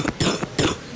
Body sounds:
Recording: coughing mixed with background sound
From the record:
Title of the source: Wet coughing

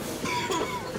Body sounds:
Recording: coughing mixed with background sound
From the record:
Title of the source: Dry Coughing Fit in the Afternoon.

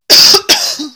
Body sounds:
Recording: coughing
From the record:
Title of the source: November cold (wet coughing)

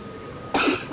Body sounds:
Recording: coughing mixed with background sound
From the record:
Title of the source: 64 coughing, allergies, singing lungs

